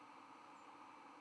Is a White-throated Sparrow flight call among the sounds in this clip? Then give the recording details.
no. Another species' flight call is heard. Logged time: 03:54 on 11 November 2014